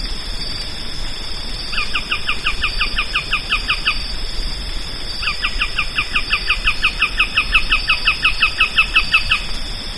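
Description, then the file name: Bird giving two runs of rapid, repeated down-slurred chirps, the second longer, against a constant high-pitched hum. "SABIOD 50 bird 2015"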